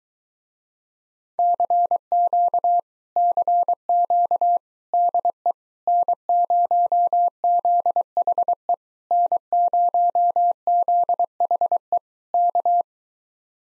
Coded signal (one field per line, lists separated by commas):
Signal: Morse code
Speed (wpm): 23 wpm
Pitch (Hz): 700 Hz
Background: none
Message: CQ CQ DE N0ZHE N0ZHE K